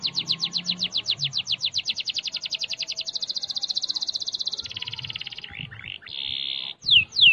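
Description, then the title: Canary song: a long rapid trill of short whistled notes, shifting to a faster buzzy roll, then brief scratchy notes and two sharp downslurred whistles. "Kenari"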